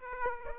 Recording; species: mosquito wingbeat signal from an infrared sensor; Aedes aegypti